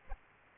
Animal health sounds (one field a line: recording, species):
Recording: mosquito wingbeat signal from an infrared sensor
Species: Aedes aegypti